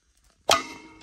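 A clutch alignment tool is pulled out of a dual disc clutch's discs and the flywheel pilot after the clutch and pressure plate are snugged up. It pops free with a sharp metallic clink at 0.5 s that rings on briefly, after a few faint rustles. The tool comes out easily, showing everything is aligned.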